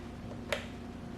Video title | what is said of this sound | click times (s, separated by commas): How to Install The DKD Gauge Cluster on Evader pt.1 | all right there is the click | 0.5 s